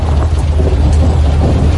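heavy rain with thunder

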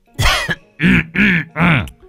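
man coughing

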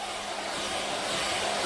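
hair dryer blowing

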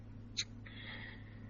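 gasping

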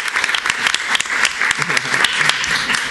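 audience applause

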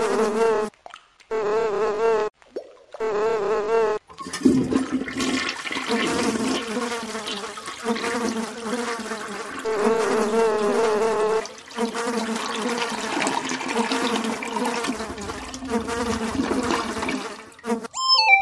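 housefly buzzing

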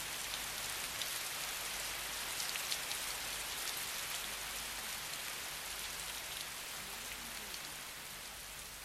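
rain falling

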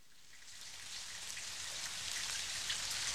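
rain falling

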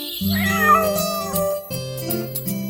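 kitten meowing

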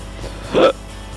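hiccup

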